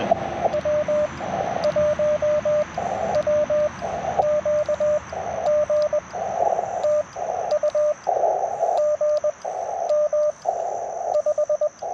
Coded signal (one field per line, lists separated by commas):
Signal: Morse code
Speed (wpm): 20 wpm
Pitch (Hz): 590 Hz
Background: radio noise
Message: W1WQG TU GM 5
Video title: Morning Morse Code - 06/17/2025